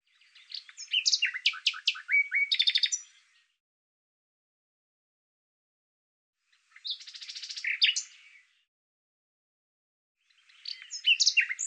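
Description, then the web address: Bird giving three bursts of varied chirps, trills and buzzy notes, separated by long silent gaps, the last cut off at the end. "Deverinetal 2025"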